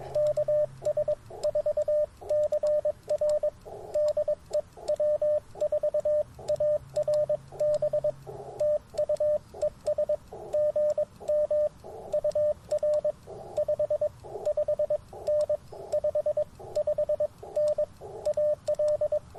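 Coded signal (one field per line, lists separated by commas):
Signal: Morse code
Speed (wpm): 22 wpm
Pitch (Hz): 600 Hz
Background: radio noise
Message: KS4CR DE W4ARB TU ES GM UR 55N 55N AL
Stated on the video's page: QRP CW Parks on the Air activation at a national forest, using an Icom IC-705, AlexLoop magnetic loop antenna and BaMaKeY TP-III paddles.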